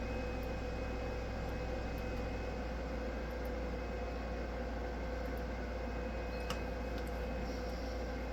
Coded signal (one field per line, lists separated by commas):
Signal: FT8